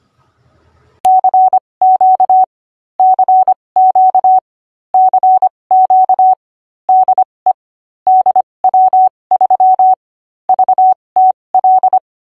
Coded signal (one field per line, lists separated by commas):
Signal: Morse code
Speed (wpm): 25 wpm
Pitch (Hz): 750 Hz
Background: none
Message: CQ CQ CQ DE DW3 VTL